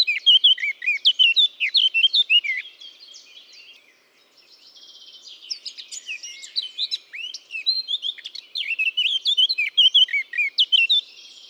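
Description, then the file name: Eurasian blackcap song: loud, tumbling warbled notes open, a softer chattering stretch follows, then the bright warble returns strongly. "Sylvia atricapilla"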